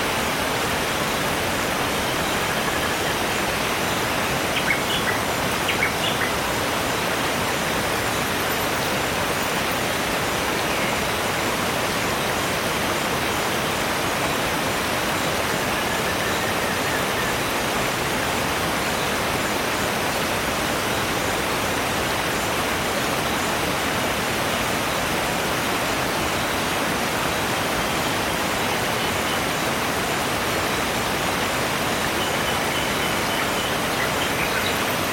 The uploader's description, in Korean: 멀리서 들려오는 폭포의 부드러운 물소리가 우거진 나무들의 속삭임과 어우러져 밤을 맞이하는 자연의 교향곡을 연주합니다.